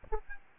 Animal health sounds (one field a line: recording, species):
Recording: mosquito wingbeat signal from an infrared sensor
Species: Aedes albopictus